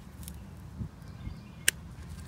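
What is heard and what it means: A Click-C spring hose clamp on a fuel hose of a T1N Sprinter is re-latched with flipped-over pliers. Over a low background rumble, a few faint ticks are followed by one sharp, bright click at 1.7 s, and the clamp is back on and seated.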